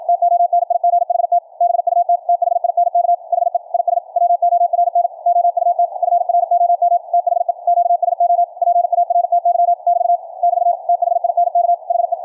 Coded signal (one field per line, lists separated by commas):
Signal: Morse code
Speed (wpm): 53 wpm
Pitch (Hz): 700 Hz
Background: radio noise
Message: TONIGHT BUT THINK HE IS WORN OUT FROM THE QSO PARTY <BT> <BT> THINK HE